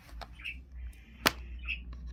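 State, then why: Released. The plastic retaining clip on the other side of a laptop's bottom case, the first side already opened, is worked loose during battery removal. A few faint ticks and scrapes come before it snaps free with one sharp, loud click at 1.3 s, releasing that side of the cover.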